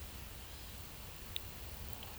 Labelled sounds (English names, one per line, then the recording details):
none
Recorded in pastures near Puerto Asís, Putumayo, Colombia, on 22 December 2024 at 14:30
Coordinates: 0.486, -76.323
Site GP01